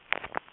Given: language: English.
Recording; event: throat vibration sensor signal played as sound; swallow